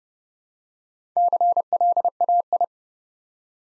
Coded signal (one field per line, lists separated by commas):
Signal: Morse code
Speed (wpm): 29 wpm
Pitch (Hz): 700 Hz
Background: none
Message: CLAI